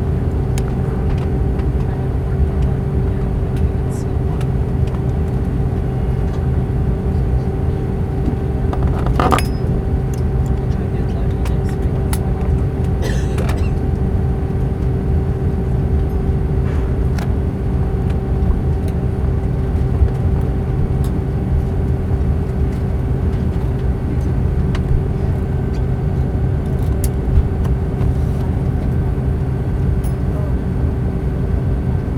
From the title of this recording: Takeoff At SJC